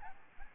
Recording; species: mosquito wingbeat signal from an infrared sensor; Aedes albopictus